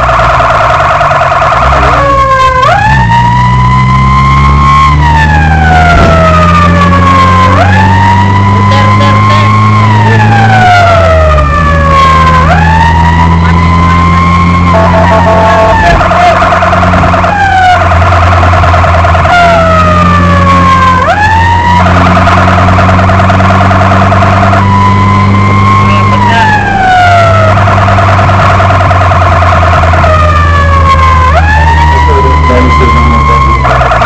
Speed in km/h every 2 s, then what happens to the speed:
35, 27, 36, 44, 52, 57, 57, 62, 66, 64, 62, 67, 73, 74, 70, 59, 57.
3-9 speeds up to 57. 12-16 speeds up to 66. 20-24 speeds up to 73. 27-34 slows to 57.